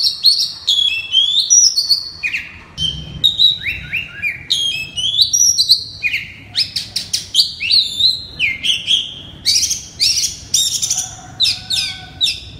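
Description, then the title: Oriental magpie-robin singing a long, rich medley of whistled slurs, buzzy notes and rapid clicks, phrases following one another almost without pause. "Kacer"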